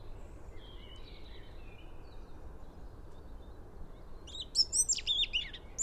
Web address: SETE data Erithacus rubecula